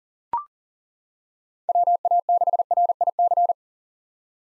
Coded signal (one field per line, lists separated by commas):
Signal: Morse code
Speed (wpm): 40 wpm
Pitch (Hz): 700 Hz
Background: none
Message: WA6RIC